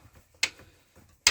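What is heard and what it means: A small release bar on the cab seat swivel base of a Chausson Titanium 768XLB motorhome is moved and the seat is turned, giving a sharp tick at 0.4 s and soft faint knocks. A loud, sharp click at 1.3 s marks the swivel seat lock snapping into place, and the seat is locked.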